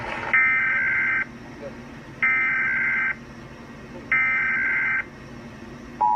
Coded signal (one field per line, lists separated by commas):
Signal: Emergency Alert System (SAME) tones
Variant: header bursts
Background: speech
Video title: National Emergency Alert System (EAS) “Presidential Level” Test (October 3, 2018) via WPVI